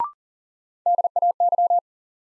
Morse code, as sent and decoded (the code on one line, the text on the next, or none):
-.. .- -.--
DAY